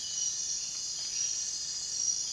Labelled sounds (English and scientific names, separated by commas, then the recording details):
none
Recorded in dense forest near Puerto Asís, Putumayo, Colombia, on 23 June 2025 at 04:00
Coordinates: 0.466, -76.327
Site GP04